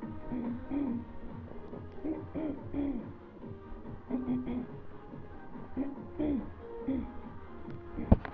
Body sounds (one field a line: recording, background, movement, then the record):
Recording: throat clearing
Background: music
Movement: walking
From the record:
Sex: female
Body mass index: 22.6 kg/m2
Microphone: on the chest, facing the body